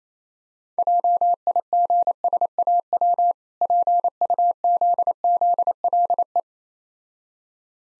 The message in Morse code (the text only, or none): JIGSAW PUZZLE